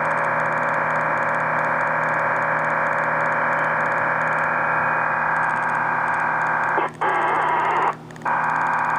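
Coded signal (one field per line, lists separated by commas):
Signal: MT63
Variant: MT63-2000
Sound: steady wide hissing warble of many tones, briefly interrupted twice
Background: low hum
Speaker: i am ready to receive all right transmitting in three two one okay here we go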